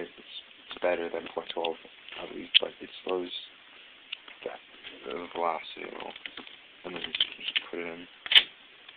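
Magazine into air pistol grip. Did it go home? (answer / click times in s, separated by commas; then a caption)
no / none. Someone talks while handling the magazine of a Crosman Airmag C11 replica air pistol, bringing it to the grip for insertion, with a few brief sharp handling knocks between the words. The magazine has not yet seated or clicked into the grip.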